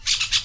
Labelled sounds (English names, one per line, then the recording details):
Brown-throated Parakeet contact call
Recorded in Venezuela
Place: Cerro Saroche, Hato Dalmatela, Edo. Lara
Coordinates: 10.149, -69.534